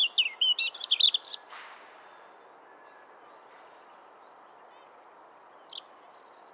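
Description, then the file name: European robin song: a rapid, high warbled phrase, a brief soft noise, a long quiet gap, then a few thin, very high notes. "Erithacus rubecula"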